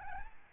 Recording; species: mosquito wingbeat signal from an infrared sensor; Aedes albopictus